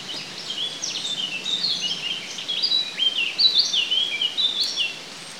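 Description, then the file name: Eurasian blackcap: high, rapid, varied warble from a Eurasian blackcap, running almost without pause over a noisy background. "Sylvia atricapilla"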